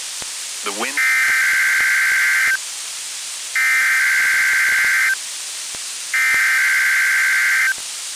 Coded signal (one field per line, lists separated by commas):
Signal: Emergency Alert System (SAME) tones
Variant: header bursts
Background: speech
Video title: NWR Weekly Tests (11/23/22)(EAS 1292-1297)